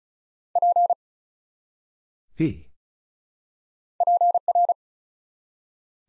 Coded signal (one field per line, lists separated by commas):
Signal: Morse code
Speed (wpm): 36 wpm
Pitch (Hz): 700 Hz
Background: none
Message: P PR